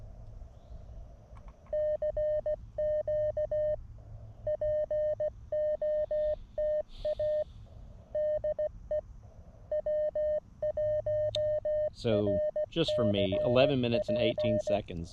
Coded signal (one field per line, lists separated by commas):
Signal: Morse code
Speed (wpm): 16 wpm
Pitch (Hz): 610 Hz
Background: speech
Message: CQ POTA DE W1RCP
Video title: A hike and QRP POTA activation of the Doerun Pitcherplant Bog WMA K-7882